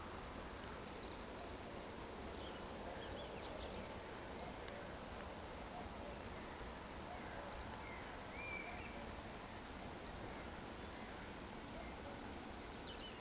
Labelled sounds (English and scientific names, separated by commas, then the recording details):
Eurasian Woodcock (Scolopax rusticola) whistle
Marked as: whistle, whistle, whistle, whistle, whistle, whistle
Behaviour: display flight
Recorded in Baden-Württemberg, Germany, on 15 June 2020 at 19:25 UTC
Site 14569, 102 m above sea level